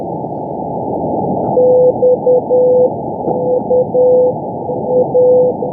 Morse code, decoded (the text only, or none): XUA